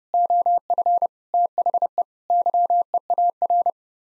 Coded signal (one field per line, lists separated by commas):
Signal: Morse code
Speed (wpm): 32 wpm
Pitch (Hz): 700 Hz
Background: none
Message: OF THE YEAR